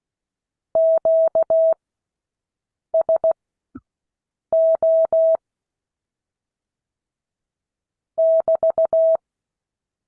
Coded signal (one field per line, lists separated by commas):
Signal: Morse code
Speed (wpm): 16 wpm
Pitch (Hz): 650 Hz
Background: none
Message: QSO <BT>